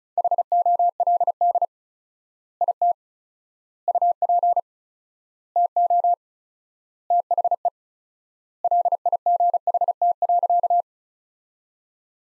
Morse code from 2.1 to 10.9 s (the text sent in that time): IT UP TO THE LIGHT.